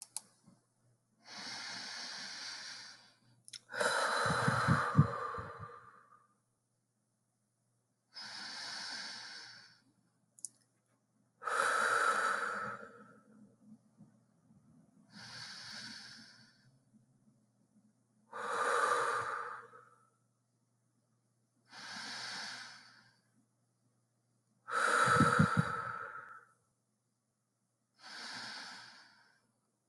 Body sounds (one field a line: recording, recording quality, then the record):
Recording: deep breathing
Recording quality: excellent, no background noise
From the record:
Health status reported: respiratory illness, not identified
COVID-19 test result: negative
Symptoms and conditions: cough, asthma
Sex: female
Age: 46 years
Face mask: not worn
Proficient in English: yes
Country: France